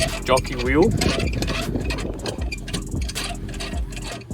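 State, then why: Not seated. A caravan's hitch coupling is being lowered toward a vehicle's tow ball as the jockey wheel is wound down, while someone talks over a low engine-like hum. Sharp taps are heard at 1.4, 2.3, 2.5 and 3.1 seconds, but the coupling has not yet latched onto the tow ball and nothing has clicked in by the end of the clip.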